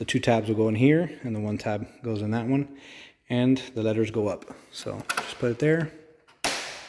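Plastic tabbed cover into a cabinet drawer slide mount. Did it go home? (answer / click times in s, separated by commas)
yes / 6.4 s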